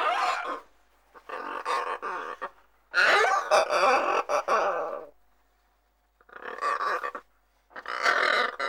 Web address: KMP Film Video Sound Effects - Ara - Papegaai